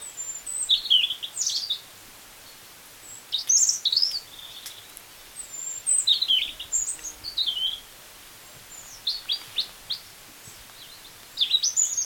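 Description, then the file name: European robin song: short bursts of high, thin, sliding notes repeated with pauses of a second or two between phrases. "Erithacus rubecula"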